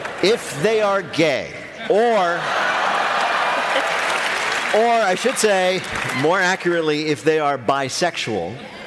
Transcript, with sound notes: If they are gay or...
(APPLAUSE)
...I should say, more accurately, if they are bisexual.